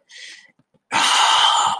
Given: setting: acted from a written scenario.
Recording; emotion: vocal sound without words; pride